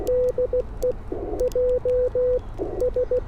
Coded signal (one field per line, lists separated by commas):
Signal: Morse code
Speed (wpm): 16 wpm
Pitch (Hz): 510 Hz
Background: radio noise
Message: DE JS